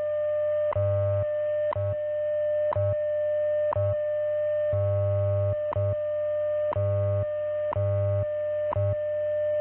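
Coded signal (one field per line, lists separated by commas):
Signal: radio time signal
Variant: WWV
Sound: steady mid tone with sharp ticks once per second and low buzzing code pulses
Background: radio static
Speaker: at the tone, 16 hours, 5 minutes, coordinated universal time.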